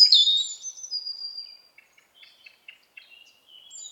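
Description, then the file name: European robin: a high thin whistle sliding downward, followed by soft scattered ticking and twittering notes. "Erithacus rubecula"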